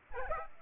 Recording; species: mosquito wingbeat signal from an infrared sensor; Aedes aegypti